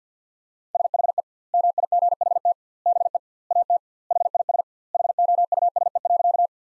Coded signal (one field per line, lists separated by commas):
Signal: Morse code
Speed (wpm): 50 wpm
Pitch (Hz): 700 Hz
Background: none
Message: SHE MIGHT BE AT HIS HOUSE.